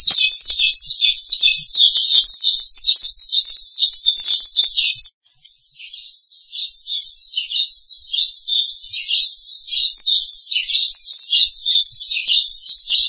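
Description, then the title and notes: Starling giving a high, continuous, fast twittering warble, broken once by a short pause before resuming. "suara burung jalak"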